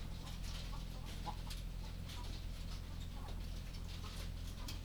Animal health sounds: poultry house recording; sick chickens (respiratory disease)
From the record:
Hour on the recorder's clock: 23

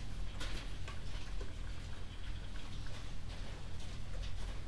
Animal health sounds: poultry house recording; healthy chickens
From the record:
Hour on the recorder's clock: 0

